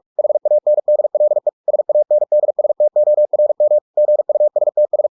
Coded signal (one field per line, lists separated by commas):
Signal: Morse code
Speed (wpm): 46 wpm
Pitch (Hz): 600 Hz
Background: none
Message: HANDLE SANDSTORM GUSTS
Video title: The Martian by Andy Weir in Morse code - 45WPM - Chapter 1